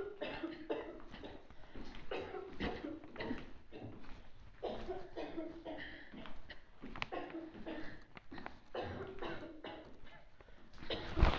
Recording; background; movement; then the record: throat clearing; a bystander coughing; walking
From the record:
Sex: female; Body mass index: 25.5 kg/m2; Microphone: on the chest, facing outward